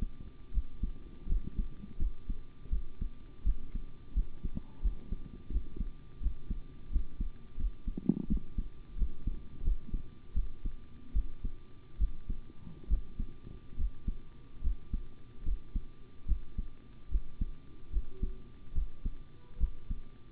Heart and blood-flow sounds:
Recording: heart sounds by stethoscope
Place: between the tricuspid and mitral areas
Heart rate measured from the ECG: 79 bpm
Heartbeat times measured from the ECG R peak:
0.52 s: heartbeat
1.27 s: heartbeat
1.97 s: heartbeat
2.70 s: heartbeat
3.43 s: heartbeat
4.13 s: heartbeat
4.81 s: heartbeat
5.50 s: heartbeat
6.20 s: heartbeat
6.90 s: heartbeat
7.57 s: heartbeat
8.27 s: heartbeat
8.96 s: heartbeat
9.62 s: heartbeat
10.34 s: heartbeat
11.13 s: heartbeat
11.98 s: heartbeat
12.88 s: heartbeat
13.76 s: heartbeat
14.61 s: heartbeat
15.43 s: heartbeat
16.26 s: heartbeat
17.09 s: heartbeat
17.91 s: heartbeat
18.73 s: heartbeat
19.58 s: heartbeat
From the record:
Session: rest, sitting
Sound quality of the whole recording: good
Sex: male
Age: 25 years

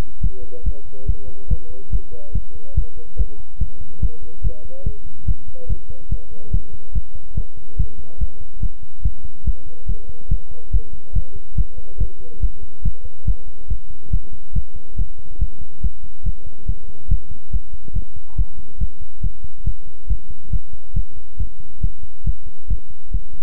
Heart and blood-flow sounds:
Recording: heart sounds by stethoscope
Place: between the tricuspid and mitral areas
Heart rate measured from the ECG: 141 bpm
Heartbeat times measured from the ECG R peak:
0.21 s: heartbeat
0.64 s: heartbeat
1.06 s: heartbeat
1.48 s: heartbeat
1.90 s: heartbeat
2.33 s: heartbeat
2.75 s: heartbeat
3.17 s: heartbeat
3.58 s: heartbeat
4.00 s: heartbeat
4.42 s: heartbeat
4.84 s: heartbeat
5.26 s: heartbeat
5.67 s: heartbeat
6.09 s: heartbeat
6.51 s: heartbeat
6.93 s: heartbeat
7.35 s: heartbeat
7.77 s: heartbeat
8.18 s: heartbeat
8.60 s: heartbeat
9.02 s: heartbeat
9.44 s: heartbeat
9.86 s: heartbeat
10.29 s: heartbeat
10.71 s: heartbeat
11.13 s: heartbeat
11.55 s: heartbeat
11.98 s: heartbeat
12.40 s: heartbeat
12.82 s: heartbeat
13.25 s: heartbeat
13.68 s: heartbeat
14.11 s: heartbeat
14.53 s: heartbeat
14.96 s: heartbeat
15.39 s: heartbeat
15.81 s: heartbeat
16.23 s: heartbeat
16.66 s: heartbeat
17.08 s: heartbeat
17.51 s: heartbeat
17.93 s: heartbeat
18.36 s: heartbeat
18.78 s: heartbeat
19.21 s: heartbeat
19.64 s: heartbeat
20.07 s: heartbeat
20.50 s: heartbeat
20.94 s: heartbeat
21.37 s: heartbeat
21.81 s: heartbeat
22.24 s: heartbeat
22.68 s: heartbeat
23.11 s: heartbeat
From the record:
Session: pedaling a stationary bicycle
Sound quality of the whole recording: good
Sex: male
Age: 24 years

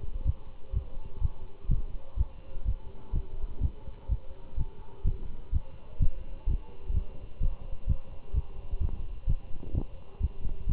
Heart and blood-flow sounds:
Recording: heart sounds by stethoscope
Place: between the tricuspid and mitral areas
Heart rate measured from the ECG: 127 bpm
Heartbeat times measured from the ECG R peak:
0.26 s: heartbeat
0.74 s: heartbeat
1.22 s: heartbeat
1.70 s: heartbeat
2.18 s: heartbeat
2.66 s: heartbeat
3.14 s: heartbeat
3.62 s: heartbeat
4.10 s: heartbeat
4.58 s: heartbeat
5.06 s: heartbeat
5.53 s: heartbeat
6.01 s: heartbeat
6.48 s: heartbeat
6.95 s: heartbeat
7.42 s: heartbeat
7.88 s: heartbeat
8.35 s: heartbeat
8.82 s: heartbeat
9.28 s: heartbeat
9.75 s: heartbeat
10.22 s: heartbeat
10.68 s: heartbeat
From the record:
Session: Bruce protocol treadmill stress test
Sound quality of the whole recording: good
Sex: male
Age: 25 years

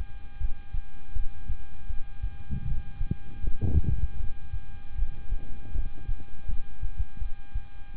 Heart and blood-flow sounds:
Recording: heart sounds by stethoscope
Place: between the tricuspid and mitral areas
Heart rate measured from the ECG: 79 bpm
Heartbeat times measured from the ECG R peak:
0.38 s: heartbeat
1.13 s: heartbeat
1.87 s: heartbeat
2.64 s: heartbeat
3.41 s: heartbeat
4.17 s: heartbeat
4.95 s: heartbeat
5.72 s: heartbeat
6.46 s: heartbeat
7.19 s: heartbeat
7.94 s: heartbeat
From the record:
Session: rest, lying down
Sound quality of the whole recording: good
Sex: male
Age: 26 years

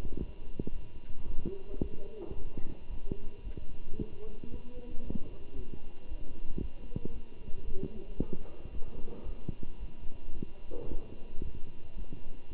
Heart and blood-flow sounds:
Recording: heart sounds by stethoscope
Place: between the tricuspid and mitral areas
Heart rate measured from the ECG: 112 bpm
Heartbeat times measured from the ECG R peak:
0.17 s: heartbeat
0.71 s: heartbeat
1.25 s: heartbeat
1.80 s: heartbeat
2.35 s: heartbeat
2.89 s: heartbeat
3.42 s: heartbeat
3.96 s: heartbeat
4.50 s: heartbeat
5.02 s: heartbeat
5.55 s: heartbeat
6.07 s: heartbeat
6.59 s: heartbeat
7.11 s: heartbeat
7.64 s: heartbeat
8.17 s: heartbeat
8.71 s: heartbeat
9.24 s: heartbeat
9.78 s: heartbeat
10.32 s: heartbeat
10.87 s: heartbeat
11.41 s: heartbeat
11.95 s: heartbeat
12.50 s: heartbeat
From the record:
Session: Bruce protocol treadmill stress test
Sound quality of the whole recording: good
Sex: male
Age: 23 years

